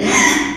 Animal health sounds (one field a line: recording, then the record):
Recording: squeal of a Yucatan mini pig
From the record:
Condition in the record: after surgery on the right vocal fold (resection and tissue-engineered implant)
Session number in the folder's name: 3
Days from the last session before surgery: 33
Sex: male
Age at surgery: 12 weeks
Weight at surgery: 13 kg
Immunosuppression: cyclosporine, prednisolone